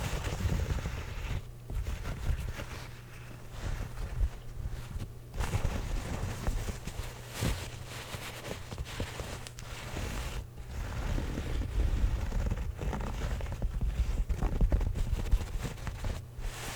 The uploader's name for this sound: Hat Scratching